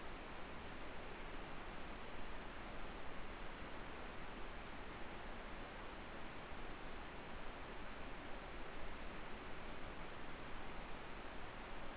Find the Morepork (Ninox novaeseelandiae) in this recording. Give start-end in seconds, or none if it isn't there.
none